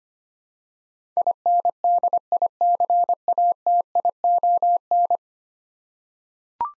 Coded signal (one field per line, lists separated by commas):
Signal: Morse code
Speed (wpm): 25 wpm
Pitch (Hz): 700 Hz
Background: none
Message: INDICATION